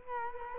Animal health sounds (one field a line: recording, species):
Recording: mosquito wingbeat signal from an infrared sensor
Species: Culex quinquefasciatus